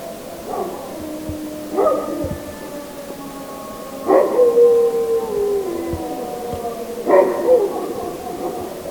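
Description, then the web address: Grey wolf howls, several long wavering tones overlapping and sliding downward, new howls starting about every one to three seconds over low background hiss. "hlehto aania Susi"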